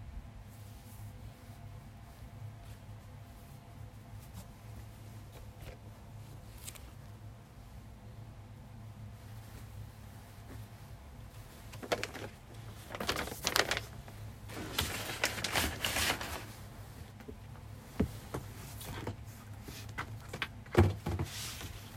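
Clothes are folded and stacked away. For the first half there is mostly a steady low hum with a few faint soft touches; from about twelve seconds, brisk bursts of fabric rustling and soft thumps, busiest around 13–16 seconds, with a sharper knock near 21.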